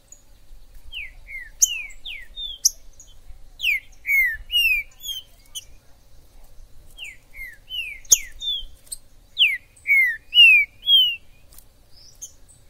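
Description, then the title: Green-winged saltator song: phrases of several loud slurred whistles, falling and rising, with a quiet gap holding faint high chips between the loudest phrases. Wild trinca-ferro in forest, described as chirping, singing and 'macheando' (male display) in a dispute; labelled 'Major'; played to rouse a pet trinca-ferro. "ESQUENTAR Seu TRINCA Piando, Cantando E Macheando Na DISPUTA. TRINCA FERRO no MATO Trinca ferro MAJOR no MATO"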